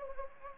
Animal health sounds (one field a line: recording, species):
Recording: mosquito wingbeat signal from an infrared sensor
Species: Anopheles gambiae